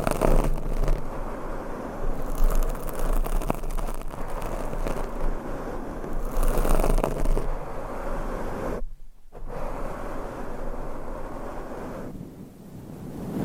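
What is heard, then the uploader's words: Microphones being scratched and brushed make a dense, rustling roar with brighter scraping bursts near two and six seconds and a brief silence around nine. ASMR Mic Scratching - Brain Scratching & Brushing on 8 Mics Asmr No Talking.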